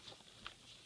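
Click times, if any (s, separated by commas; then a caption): 0.5 s. The rear end assembly of a Traxxas Slash 4x4 RC truck, during an STRC aluminum motor mount upgrade, is slid onto the chassis and worked back and forth. Over quiet, faint handling noise, one short, sharp click rings out at 0.5 s as the assembly locks into place, confirmed seated.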